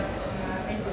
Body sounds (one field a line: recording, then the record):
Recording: background sound without coughing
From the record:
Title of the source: 40 min - Ambience sounds UNIVERSITY lunchroom chatting